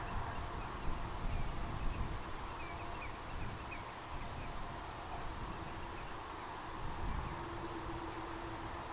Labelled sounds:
Eurasian Dotterel (Charadrius morinellus), unidentified sound
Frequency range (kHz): Eurasian Dotterel (Charadrius morinellus) 2.0-3.0 kHz
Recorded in France

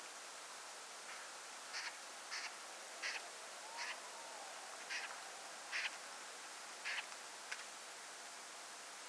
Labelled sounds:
Common Snipe (Gallinago gallinago), Tawny Owl (Strix aluco), unidentified sound
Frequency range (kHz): Common Snipe (Gallinago gallinago) 0.8-6.8 kHz; Tawny Owl (Strix aluco) 0.6-1.1 kHz
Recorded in France

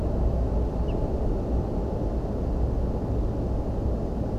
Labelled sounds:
Ortolan Bunting (Emberiza hortulana)
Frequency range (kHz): Ortolan Bunting (Emberiza hortulana) 2.2-3.1 kHz
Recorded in France

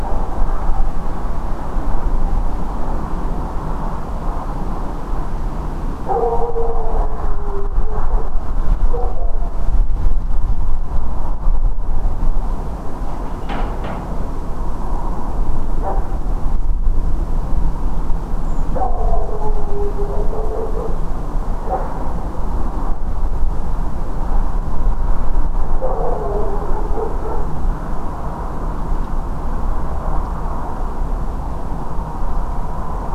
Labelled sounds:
Redwing (Turdus iliacus)
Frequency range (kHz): Redwing (Turdus iliacus) 6.3-8.2 kHz
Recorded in France

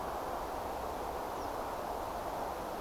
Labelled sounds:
Reed Bunting (Emberiza schoeniclus)
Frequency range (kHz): Reed Bunting (Emberiza schoeniclus) 4.7-7.8 kHz
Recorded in France

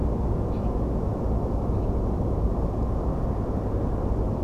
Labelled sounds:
Common Snipe (Gallinago gallinago)
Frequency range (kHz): Common Snipe (Gallinago gallinago) 2.2-4.8 kHz
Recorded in France

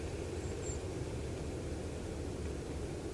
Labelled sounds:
Common Blackbird (Turdus merula)
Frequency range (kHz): Common Blackbird (Turdus merula) 6.7-8.1 kHz
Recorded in France

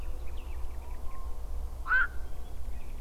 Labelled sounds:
Common Nightingale (Luscinia megarhynchos), Black-crowned Night-Heron (Nycticorax nycticorax)
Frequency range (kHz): Common Nightingale (Luscinia megarhynchos) 1.5-4.4 kHz; Black-crowned Night-Heron (Nycticorax nycticorax) 0.7-5.3 kHz
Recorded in France

